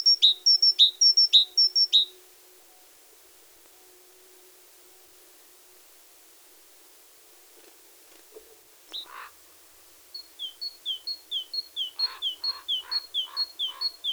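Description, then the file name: Great tit song: a burst of ringing two-note phrases, a pause, then another steady run of two-note high-low whistles. "Parus major"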